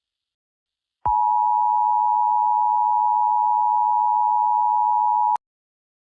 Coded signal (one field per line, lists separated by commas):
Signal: Emergency Alert System (SAME) tones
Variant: 853 and 960 Hz attention tone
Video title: EAS SCENARIO #3: the egg army.